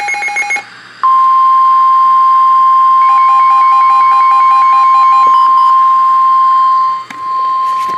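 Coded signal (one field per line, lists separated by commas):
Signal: Emergency Alert System (SAME) tones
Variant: 1050 Hz attention tone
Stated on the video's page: Real severe thunderstorm warning received over NOAA Weather Radio.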